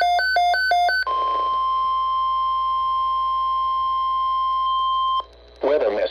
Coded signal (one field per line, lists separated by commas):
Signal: Emergency Alert System (SAME) tones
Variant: 1050 Hz attention tone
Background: speech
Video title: NOAA Weather Radio Severe Thunderstorm Watch (4/5/23)